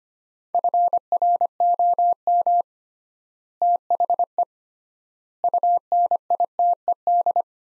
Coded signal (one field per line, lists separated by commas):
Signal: Morse code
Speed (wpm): 25 wpm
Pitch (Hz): 700 Hz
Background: none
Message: FROM THE UNITED